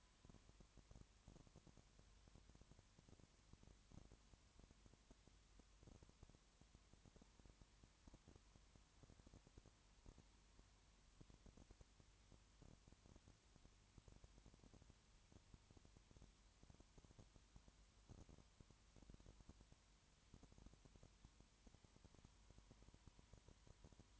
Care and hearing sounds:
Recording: daily activity, microphone in the room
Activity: no activity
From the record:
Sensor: 3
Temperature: 20.5 degrees Celsius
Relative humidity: 34.6%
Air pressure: 1001.1 hPa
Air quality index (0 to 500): 196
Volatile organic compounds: 6 ppm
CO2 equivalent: 1862 ppm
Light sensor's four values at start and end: 2/3/2/2 and 2/3/2/2

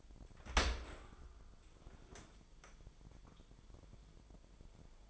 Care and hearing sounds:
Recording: daily activity, microphone in the room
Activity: open dishwasher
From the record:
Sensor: 5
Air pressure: 998.4 hPa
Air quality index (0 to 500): 80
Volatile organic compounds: 1 ppm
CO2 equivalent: 911 ppm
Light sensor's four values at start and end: 22/51/21/24 and 22/51/21/24

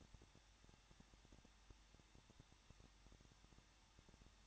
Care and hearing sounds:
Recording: daily activity, microphone in the room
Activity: no activity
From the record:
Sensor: 3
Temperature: 21.2 degrees Celsius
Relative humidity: 36.3%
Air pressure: 1006.2 hPa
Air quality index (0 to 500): 221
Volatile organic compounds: 41 ppm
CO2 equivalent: 3160 ppm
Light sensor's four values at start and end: 2/3/2/2 and 2/3/2/2

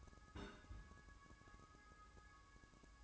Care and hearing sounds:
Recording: daily activity, microphone in the room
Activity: place on stove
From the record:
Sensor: 2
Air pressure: 1007.8 hPa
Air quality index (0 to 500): 102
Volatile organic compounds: 1 ppm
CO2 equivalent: 767 ppm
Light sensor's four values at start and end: 6/14/6/6 and 6/14/6/6

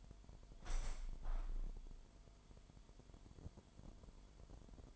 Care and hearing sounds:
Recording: daily activity, microphone in the room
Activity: open window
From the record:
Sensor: 5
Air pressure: 998.6 hPa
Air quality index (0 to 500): 103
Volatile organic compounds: 2 ppm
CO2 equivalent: 1186 ppm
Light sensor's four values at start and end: 36/88/36/41 and 36/88/36/41

